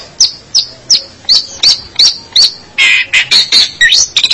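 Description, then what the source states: Long-tailed shrike song: high, clear whistled notes about every third of a second, then breaking into buzzy, harsh chattering bursts. Indonesian local name pentet; labelled 201703.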